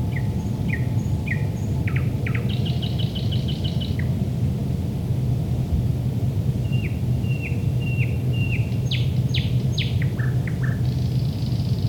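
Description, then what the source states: Thrush nightingale song: slurred notes, a rapid high rattling trill, then a series of short whistled notes, loud sharp down-slurred notes and a buzzy phrase, over low rumble. Recorded at Lohne in 2010.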